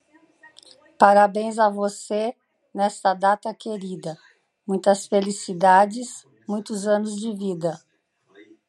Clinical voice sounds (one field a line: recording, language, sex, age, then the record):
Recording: short text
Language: Brazilian Portuguese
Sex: female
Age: 60 to 69 years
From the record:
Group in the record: control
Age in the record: 60 years